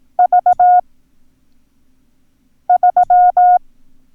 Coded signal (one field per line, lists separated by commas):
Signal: Morse code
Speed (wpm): 18 wpm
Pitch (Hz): 720 Hz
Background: none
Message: V 3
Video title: Learn Morse Code - Numbers - Lesson 1